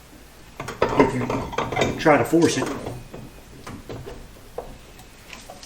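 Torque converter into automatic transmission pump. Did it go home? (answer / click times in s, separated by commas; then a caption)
partly / 4.6 s. A torque converter is worked onto the input and pump splines of a Chevy Nova's automatic transmission while being rotated. Metallic clanks and scrapes come with someone talking. One spline click lands at 4.6 s, so the converter has dropped in only partway and is not yet fully home.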